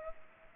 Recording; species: mosquito wingbeat signal from an infrared sensor; Culex pipiens